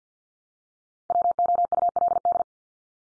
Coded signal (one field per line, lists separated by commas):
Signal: Morse code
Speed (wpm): 50 wpm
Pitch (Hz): 700 Hz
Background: none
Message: WOULD